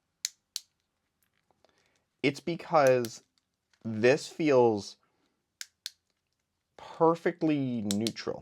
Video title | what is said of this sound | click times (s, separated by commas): HuaMeng TG 3x3 from MoYu and YuSheng Du is Completely Unexpected | but I'm going to tighten the spring compression just like two clicks | 0.2 s, 0.6 s